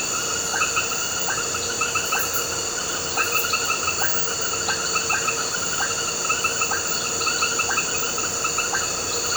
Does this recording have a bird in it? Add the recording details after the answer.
no. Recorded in pastures near Puerto Asís, Putumayo, Colombia, on 4 March 2025 at 20:00. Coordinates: 0.466, -76.322. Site CSA-02